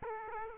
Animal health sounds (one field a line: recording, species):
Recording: mosquito wingbeat signal from an infrared sensor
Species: Aedes aegypti